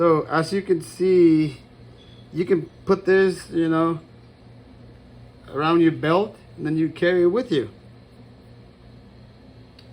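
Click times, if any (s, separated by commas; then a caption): 9.8 s. Someone talks over a low steady background hum while handling a CHAFON 5-in-1 portable magnetic keyring multi charging cable (PD 60W, USB A/C to Type C). Near the end, the cable's plastic and metal magnetic end is brought to its mating magnetic holder and snaps shut with a single small, sharp click at 9.8 s, seating the connector.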